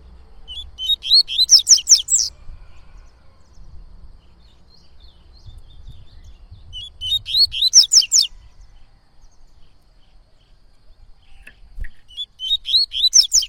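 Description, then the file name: Yellow-bellied seedeater repeating its song about every six seconds: three rapid phrases of high twittering notes, with a low rumble in the background. "canto de coleiro baiano"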